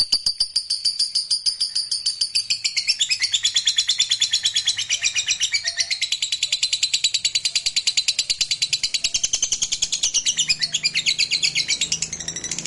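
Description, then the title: Lovebird giving a long, unbroken trill of rapid, harsh, high chattering notes, steady in pace throughout. Fighter-type lovebird giving a long ngekek trill. "Suara Lovebird FIGHTER NGEKEK PANJANG"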